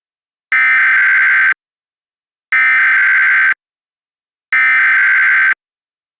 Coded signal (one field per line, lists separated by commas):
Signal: Emergency Alert System (SAME) tones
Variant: header bursts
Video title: EAS Reenactment Mock: A confirmed tornado lets Jacksonville go - 07/07/2021